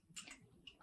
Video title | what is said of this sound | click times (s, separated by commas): $50 per week GROCERY BUDGET in NYC + Amazon Fresh Grocery Haul - This and Nat | it's clicked in it's secure it just has one button | 0.7 s